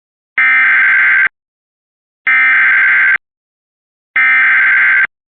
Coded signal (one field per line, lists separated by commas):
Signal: Emergency Alert System (SAME) tones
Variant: header bursts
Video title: EAS alert from 6/14/25